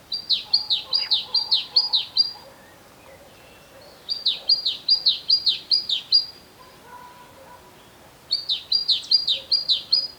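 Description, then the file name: Great tit song in three bursts of high, ringing, down-slurred notes, each burst about two seconds long, with faint lower chirping from another bird between them. "Parus major"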